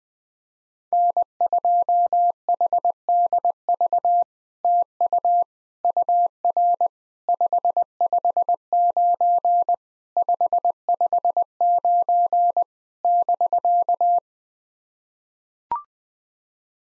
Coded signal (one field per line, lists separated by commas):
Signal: Morse code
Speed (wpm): 20 wpm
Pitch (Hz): 700 Hz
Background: none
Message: N2HDV TU UR 559 559 <BK>